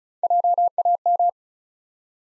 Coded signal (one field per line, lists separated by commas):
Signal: Morse code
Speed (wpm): 36 wpm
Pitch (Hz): 700 Hz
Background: none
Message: JAM